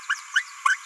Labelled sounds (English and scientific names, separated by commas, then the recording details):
Green-rumped Parrotlet (Forpus passerinus) babbling
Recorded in a nest box in Venezuela
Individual 18B17A3